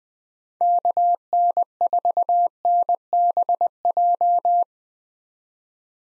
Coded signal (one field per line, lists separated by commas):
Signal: Morse code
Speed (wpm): 20 wpm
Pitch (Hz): 700 Hz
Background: none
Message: KN4NBJ